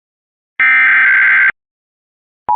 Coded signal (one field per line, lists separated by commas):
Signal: Emergency Alert System (SAME) tones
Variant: header bursts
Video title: Georgia Statewide EAS Test (EAS #1-7)